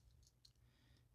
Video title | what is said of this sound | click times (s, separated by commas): War For Cybertron Amazon Exclusive Botropolis Rescue Mission Review | it will even it does even lock into place right here | 0.4 s